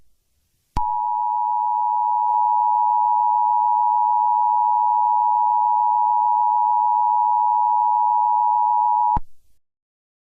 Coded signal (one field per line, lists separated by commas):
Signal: Emergency Alert System (SAME) tones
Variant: 853 and 960 Hz attention tone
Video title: EAS Scenario: The red eye man (FULL SERIES) (analog horror)